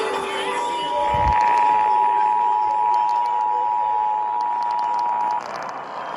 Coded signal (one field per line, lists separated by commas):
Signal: Emergency Alert System (SAME) tones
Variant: 853 and 960 Hz attention tone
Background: speech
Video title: Failed here, succeeded there - Texas RMT (EAS 347-350) - 06/08/2021